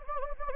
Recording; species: mosquito wingbeat signal from an infrared sensor; Anopheles gambiae